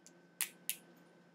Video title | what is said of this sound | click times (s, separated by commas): Guy Drinks a Bottle of Absolut Vodka in 15 seconds Parody.. | you hear that brand new cover opening | 0.4 s, 0.7 s